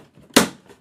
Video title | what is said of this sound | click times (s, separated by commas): Assembling the Computer Stand Part 1 of 1 | a little bit of light pressure snapped in place | 0.4 s